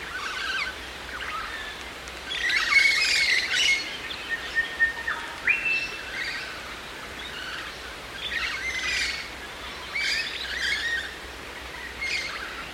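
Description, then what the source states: Musk Lorikeet gives shrill, buzzy screeches in irregular bursts, with clear whistled notes from another bird in the background. Kings Plain National Park, New South Wales, Australia, on Narrabul Country; a grey shrike-thrush sings in the background.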